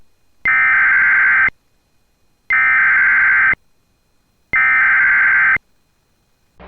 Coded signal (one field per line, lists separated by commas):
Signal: Emergency Alert System (SAME) tones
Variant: header bursts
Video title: SO...MANY...TORNADO WARNINGS... 🌪 || EAS Alerts from June 5, 2024 (EAS #2,770-2,777)